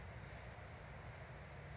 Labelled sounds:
California Towhee
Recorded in Sonoma County, California

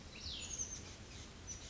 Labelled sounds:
Oak Titmouse
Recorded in Sonoma County, California

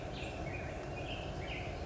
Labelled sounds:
Black-headed Grosbeak
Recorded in Sonoma County, California

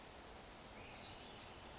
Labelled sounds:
Pacific Wren
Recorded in Sonoma County, California

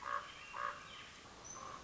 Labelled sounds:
Common Raven
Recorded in Sonoma County, California

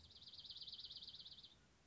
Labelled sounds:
Dark-eyed Junco
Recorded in Sonoma County, California

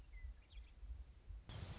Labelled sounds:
Western Meadowlark
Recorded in Sonoma County, California

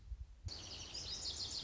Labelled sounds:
Lazuli Bunting
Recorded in Sonoma County, California

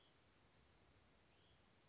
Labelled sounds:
Western Flycatcher
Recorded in Sonoma County, California

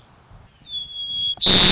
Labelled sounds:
White-crowned Sparrow
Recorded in Sonoma County, California

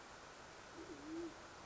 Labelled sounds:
Band-tailed Pigeon
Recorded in Sonoma County, California

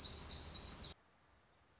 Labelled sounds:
Black-throated Gray Warbler
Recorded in Sonoma County, California

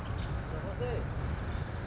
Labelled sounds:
California Towhee
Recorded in Sonoma County, California

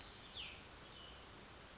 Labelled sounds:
Cassin's Vireo
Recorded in Sonoma County, California

